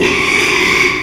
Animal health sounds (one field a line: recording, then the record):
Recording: squeal of a Yucatan mini pig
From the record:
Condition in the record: after surgery on the right vocal fold (resection and tissue-engineered implant)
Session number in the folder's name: 1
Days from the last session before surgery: 6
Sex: male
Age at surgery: 12 weeks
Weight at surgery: 13 kg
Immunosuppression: cyclosporine, prednisolone